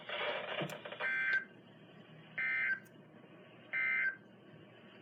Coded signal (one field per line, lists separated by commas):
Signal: Emergency Alert System (SAME) tones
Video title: Unexpected EAS catches 93-97 6/19/20